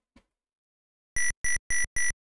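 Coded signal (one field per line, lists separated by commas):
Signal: none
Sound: game's card beeps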